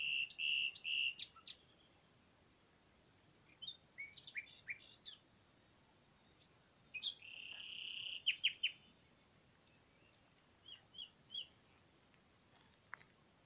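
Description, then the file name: Common nightingale song: loud pure repeated whistles opening, then varied chirps, a long steady whistle swelling into a sharp burst, followed by quieter scattered notes. "Luscinia megarhynchos"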